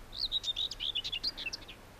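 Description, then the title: Common Whitethroat song, a brief scratchy, hurried warble of high jumbled notes lasting under two seconds. "Viikon luontoääni: Pensaskerttu"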